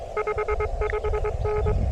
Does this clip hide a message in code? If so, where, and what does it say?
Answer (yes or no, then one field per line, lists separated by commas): yes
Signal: Morse code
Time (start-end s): 0.2-1.7 s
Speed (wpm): 22 wpm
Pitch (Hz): 420 Hz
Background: none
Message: 55N